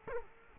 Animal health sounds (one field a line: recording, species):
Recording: mosquito wingbeat signal from an infrared sensor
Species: Culex quinquefasciatus